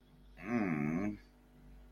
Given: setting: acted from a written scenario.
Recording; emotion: vocal sound without words; shame